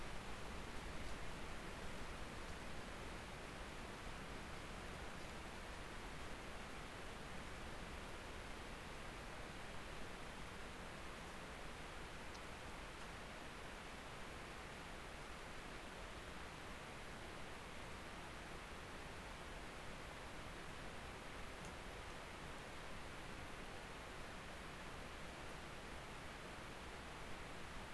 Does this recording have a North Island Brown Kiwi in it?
no